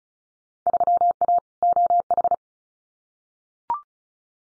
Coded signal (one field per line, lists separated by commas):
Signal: Morse code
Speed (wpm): 34 wpm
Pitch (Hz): 700 Hz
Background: none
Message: 3A OH